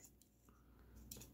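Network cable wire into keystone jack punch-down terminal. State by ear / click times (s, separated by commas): partly seated / 1.1 s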